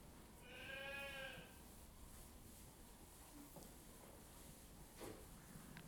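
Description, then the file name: Sheep bleat once, a drawn-out wavering cry lasting about a second, followed by soft rustling and shuffling. Sheep in a sheepfold on straw. "Moutons - Bergerie - Paille"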